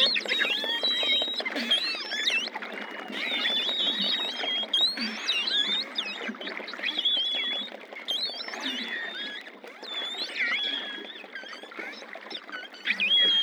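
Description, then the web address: Long-finned pilot whale chorus of many short upswept and wavering whistles over continuous dense clicking. Recorded in the Antilles. "PMahe Voile'Ocean Audio prez Globi antilles globicephala Melas Apex Cetacea Gouf"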